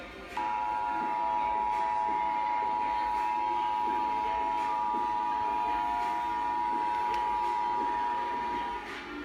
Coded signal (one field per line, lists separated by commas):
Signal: Emergency Alert System (SAME) tones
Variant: 853 and 960 Hz attention tone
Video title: EAS #171 Illinois Communications Drill